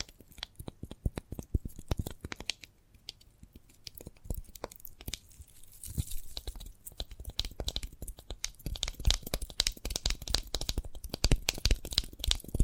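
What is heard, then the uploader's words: Crunchy bites and chewing of a sprouted coconut, with dense, irregular crackling clicks running through the whole clip. The crunching is sparser and softer around the middle, then grows louder and faster from about eight seconds on, with sharp bright snaps. ASMR of a Sprouted Coconut (No Talking).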